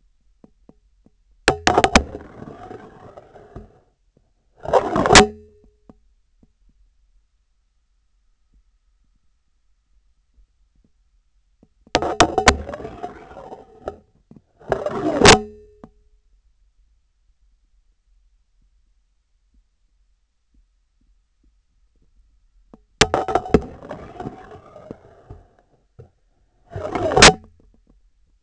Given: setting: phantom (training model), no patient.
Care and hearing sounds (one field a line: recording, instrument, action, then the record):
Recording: laparoscopic instrument, vibration sensor on the handle end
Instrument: scissors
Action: insertion and removal through the trocar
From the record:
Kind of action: spatial motion